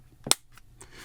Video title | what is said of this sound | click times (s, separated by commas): Samsung Galaxy S22 / S22+ / S22 Ultra - VRS Design Case Lineup | And watch that snap. Whoa, you heard that? | 0.3 s